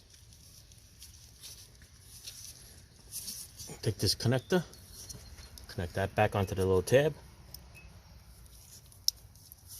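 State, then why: Seated. A wiring connector is pushed back onto its tab on a replacement starter motor for a 2018 Subaru 2.0L (Impreza, Crosstrek, Ascent, CVT), after the 12 mm nut has been tightened and the boot refitted. Someone talks, then a sharp click at 9.1 s confirms the connector is properly seated.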